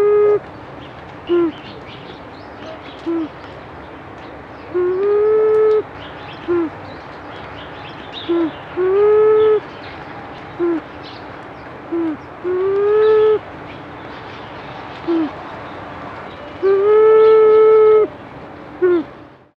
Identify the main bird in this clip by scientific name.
Lophura nycthemera